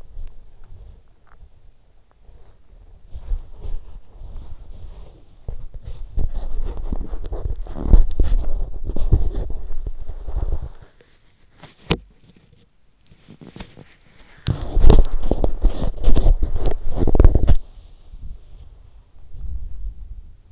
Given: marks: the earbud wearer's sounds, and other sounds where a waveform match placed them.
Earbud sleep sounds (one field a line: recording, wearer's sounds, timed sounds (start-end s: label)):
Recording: sounds in sleep by an in-ear microphone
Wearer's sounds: body movement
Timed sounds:
0.00-20.52 s: body movement